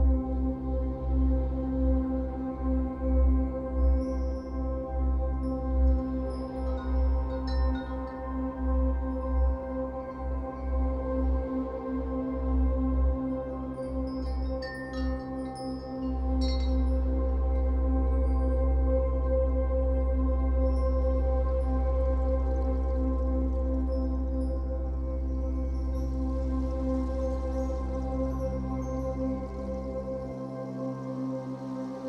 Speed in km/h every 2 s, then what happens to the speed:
100, 99, 99, 99, 98, 99, 99, 101, 102, 103, 103, 102, 102, 102, 102, 102.
0-32 steady at about 101.